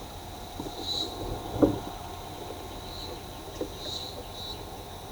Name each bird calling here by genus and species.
none